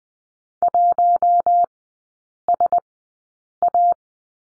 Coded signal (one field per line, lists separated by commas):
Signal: Morse code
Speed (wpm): 19 wpm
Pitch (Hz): 700 Hz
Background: none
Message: 1SA